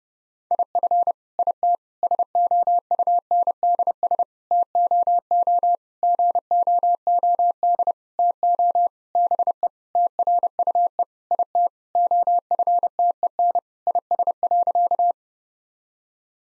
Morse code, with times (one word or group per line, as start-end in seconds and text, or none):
0.5-1.1 IF
1.4-1.8 IT
2.0-4.2 SOUNDS
4.5-5.8 TOO
6.0-7.9 GOOD
8.2-8.9 TO
9.2-9.7 BE
10.0-11.0 TRUE
11.3-11.7 IT
12.0-13.6 OFTEN
13.9-15.1 IS.